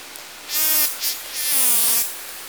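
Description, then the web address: Killer whale pulsed calls, two drawn-out harmonic calls, each slightly falling in pitch with a buzzy high edge, separated by a short gap. Southern Resident killer whales; buzz train call type. "Orca Calls Alwin"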